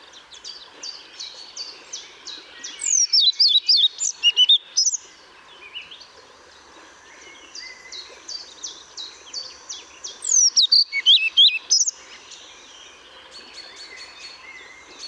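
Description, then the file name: European pied flycatcher delivers two lively phrases of high, alternating chirpy notes, several seconds apart, over a steady background of other small birds' twittering. Recorded at Paehl on 1 May 2014. "Trauerschnaepper 01 05 2014 Paehl WM Michle Pron"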